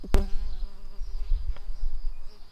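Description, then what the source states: Tree bumblebee buzzing with a low, steady droning hum, opened by a sharp click near the start. Worker bees.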